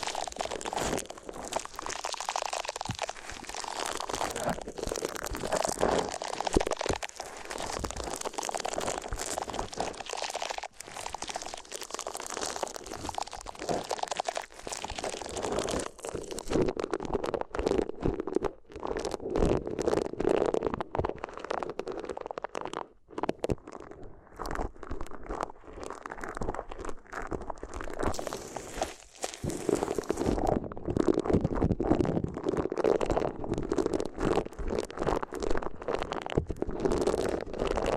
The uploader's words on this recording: ASMR If You Had Paper Ears (No Talking).